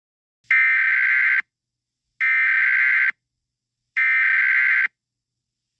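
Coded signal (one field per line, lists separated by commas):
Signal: Emergency Alert System (SAME) tones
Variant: header bursts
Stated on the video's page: Fictional EAS scenario, not a real alert.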